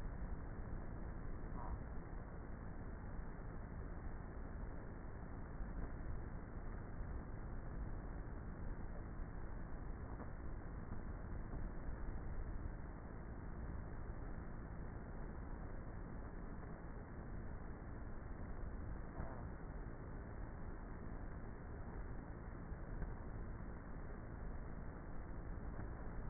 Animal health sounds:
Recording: honeybee colony, microphone inside the hive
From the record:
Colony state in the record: queenless with a low population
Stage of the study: before two queens were removed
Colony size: about 30,000 bees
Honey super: no

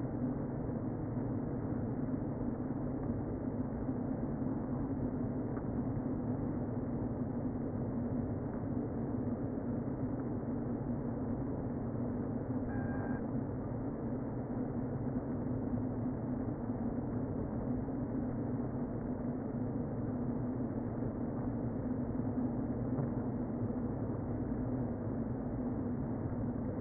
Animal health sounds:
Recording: honeybee colony, microphone inside the hive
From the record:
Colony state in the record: queen present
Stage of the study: before two queens were removed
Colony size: about 60,000 bees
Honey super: yes

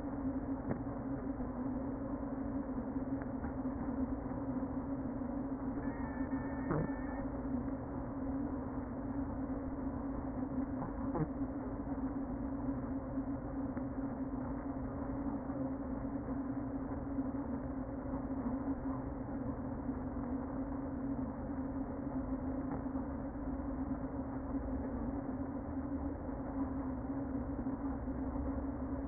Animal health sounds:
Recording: honeybee colony, microphone inside the hive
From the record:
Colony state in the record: queen present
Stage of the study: before two queens were removed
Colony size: about 60,000 bees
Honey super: yes

